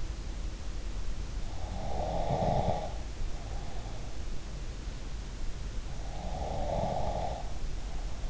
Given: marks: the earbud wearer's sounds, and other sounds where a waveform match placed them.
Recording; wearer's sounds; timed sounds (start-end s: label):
sounds in sleep by an in-ear microphone; snoring breath
1.45-4.26 s: snoring breath
6.01-8.30 s: snoring breath